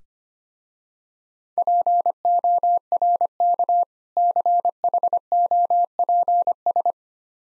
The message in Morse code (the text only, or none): PORK CHOPS